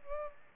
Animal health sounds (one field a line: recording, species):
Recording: mosquito wingbeat signal from an infrared sensor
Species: Culex pipiens